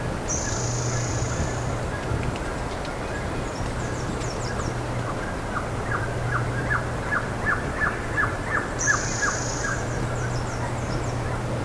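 Bird calls: a run of downslurred chips in the middle, with high whistled notes at the start and end over a constant low hum.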